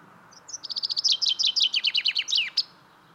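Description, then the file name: Common chaffinch song: a quick run of high, sharp notes followed by a series of downslurred phrases, ending with a brief flourish. "Fringilla coelebs"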